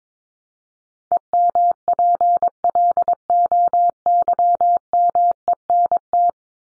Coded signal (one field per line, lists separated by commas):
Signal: Morse code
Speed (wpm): 22 wpm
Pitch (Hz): 700 Hz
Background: none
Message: EMPLOYMENT